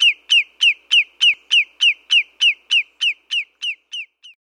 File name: Lesser Yellowlegs